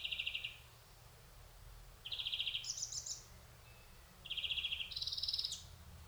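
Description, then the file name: European greenfinch giving short pulsed trills, some higher-pitched, in irregular bursts with quiet gaps between them. "Chloris chloris"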